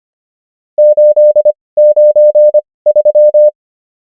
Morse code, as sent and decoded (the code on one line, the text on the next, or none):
---.. / ----. / ...--
8 9 3